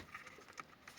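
On a 1/7 RC car chassis, one side and then the other side of the plastic clip-in receiver holder are lifted so the receiver can be taken out. Small plastic ticks and handling noises sound throughout, with the sharpest click at 0.6 s as the holder unclips and releases.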